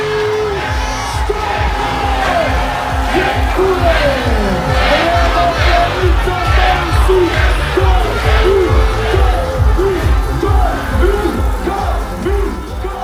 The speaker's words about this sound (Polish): Ręce same składają się do oklasków, bo Kamil Stoch to najbardziej utytułowany polski skoczek.